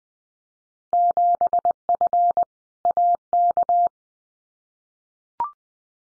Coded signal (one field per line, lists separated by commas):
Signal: Morse code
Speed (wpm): 20 wpm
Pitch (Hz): 700 Hz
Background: none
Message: 7F AK